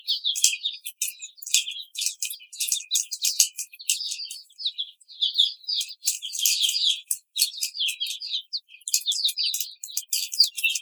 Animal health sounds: young laying hens in a cage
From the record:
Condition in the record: treatment cage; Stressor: simulated dog barking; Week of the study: 5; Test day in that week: 1

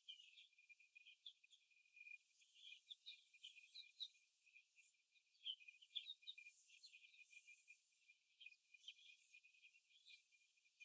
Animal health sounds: young laying hens in a cage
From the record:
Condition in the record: after the stressor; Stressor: simulated dog barking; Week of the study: 2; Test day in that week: 2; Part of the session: 3

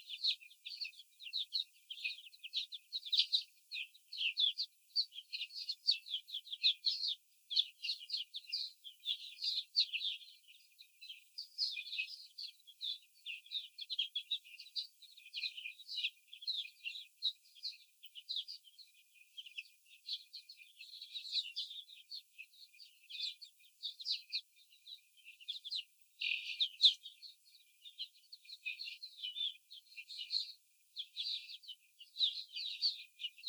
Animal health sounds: young laying hens in a cage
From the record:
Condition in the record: before the stressor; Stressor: simulated dog barking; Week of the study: 4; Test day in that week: 2

